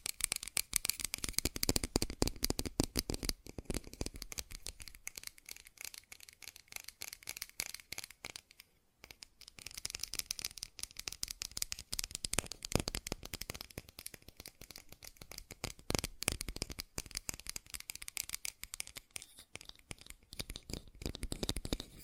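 Fast, dense tapping with crisp, bright clicks runs almost nonstop, easing briefly around nine seconds before picking back up at full speed.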